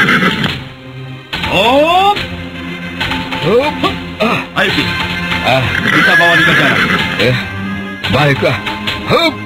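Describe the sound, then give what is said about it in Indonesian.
Horses whinny over and over, loud, shrill neighs rising and falling in pitch, overlapping one another, with a steady clatter of clip-clopping hooves underneath. “Biar saya mengambil kuda-kuda itu.”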